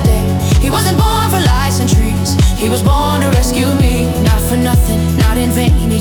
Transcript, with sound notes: He wasn’t born for lights and trees—
He was born to rescue me.
[Build – chant / crowd]
Not for nothing, not in vain,